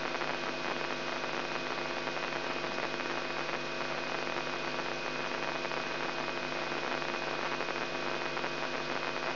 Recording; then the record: brain microelectrode recording played as sound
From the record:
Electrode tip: inside the subthalamic nucleus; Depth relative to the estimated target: -3 mm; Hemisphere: right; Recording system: AlphaMap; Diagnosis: Parkinson's disease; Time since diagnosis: 16 years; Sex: male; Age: 67 years